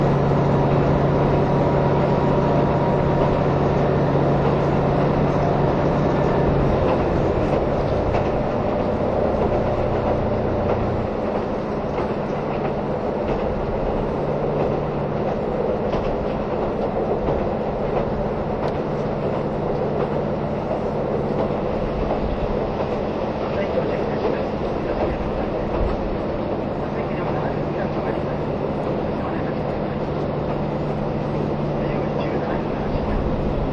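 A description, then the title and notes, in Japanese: Recorded aboard a diesel train under way: a dense, steady rumble of wheels and running noise at even loudness throughout. A low engine drone shifts pitch around seven and eleven seconds, then holds, while faint voices sit in the background. キハ183系 あそぼーい103号01 熊本～宮地。流浪の車両であるJR九州キハ183系、ようやく安住の列車となる”あそぼーい！103号”を収録したものです。走行音。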